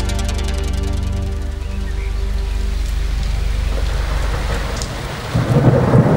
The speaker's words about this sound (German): Es donnerte und blitzte schon seit Stunden und es goss wie aus Eimern,